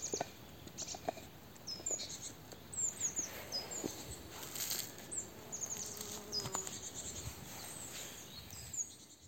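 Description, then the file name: Great tit calls: many short, very high, thin notes scattered throughout, over a steady background hiss. "Parus major"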